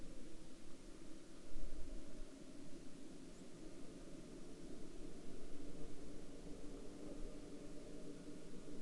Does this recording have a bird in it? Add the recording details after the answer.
yes. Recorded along the Dempster Highway, Canada, on 2 August 2019 at 06:02. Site 21